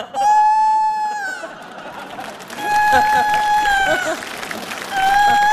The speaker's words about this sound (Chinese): 咋还打鸣呢？